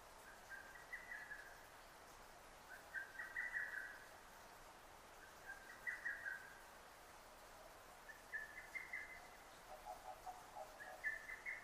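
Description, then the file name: Lesser cuckoo giving repeated quick phrases of sharp whistled notes, rather faint, about five phrases; a softer lower call near the end. Recorded on 6 June 2009. "hototogisu-20090606"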